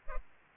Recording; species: mosquito wingbeat signal from an infrared sensor; Culex pipiens